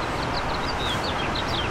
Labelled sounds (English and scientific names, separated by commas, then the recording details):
House Finch (Haemorhous mexicanus) song
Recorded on Long Island, New York, on 14 June 2012
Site CH
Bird C